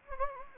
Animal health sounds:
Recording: mosquito wingbeat signal from an infrared sensor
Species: Anopheles gambiae

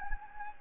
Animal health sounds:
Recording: mosquito wingbeat signal from an infrared sensor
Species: Anopheles gambiae

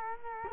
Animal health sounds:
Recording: mosquito wingbeat signal from an infrared sensor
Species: Culex quinquefasciatus

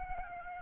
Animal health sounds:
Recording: mosquito wingbeat signal from an infrared sensor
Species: Aedes albopictus

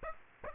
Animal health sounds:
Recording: mosquito wingbeat signal from an infrared sensor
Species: Aedes aegypti

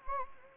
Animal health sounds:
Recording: mosquito wingbeat signal from an infrared sensor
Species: Anopheles gambiae

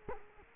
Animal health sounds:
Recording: mosquito wingbeat signal from an infrared sensor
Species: Culex quinquefasciatus

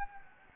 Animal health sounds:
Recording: mosquito wingbeat signal from an infrared sensor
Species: Anopheles gambiae

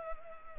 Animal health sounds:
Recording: mosquito wingbeat signal from an infrared sensor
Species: Culex pipiens

